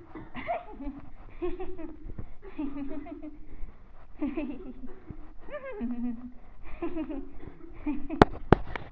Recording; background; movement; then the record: laughter; a bystander coughing; walking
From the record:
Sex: female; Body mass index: 22.6 kg/m2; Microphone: on the chest, facing the body